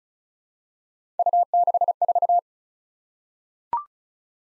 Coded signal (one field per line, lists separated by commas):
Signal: Morse code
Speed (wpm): 34 wpm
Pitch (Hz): 700 Hz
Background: none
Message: U64